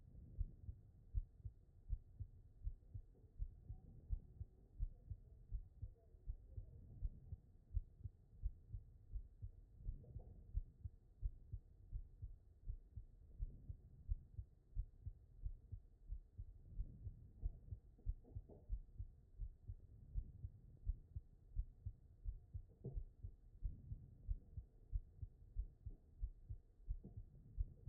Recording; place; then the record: heart sounds by stethoscope; aortic valve (AV)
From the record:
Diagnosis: non-HFrEF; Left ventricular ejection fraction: 69%